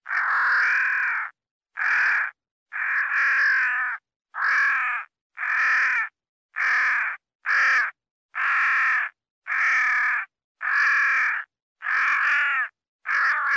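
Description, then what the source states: Crow producing a rapid series of about twelve coarse, grating caws, short and long mixed, with brief gaps in a restless rhythm. Crow calling while fighting.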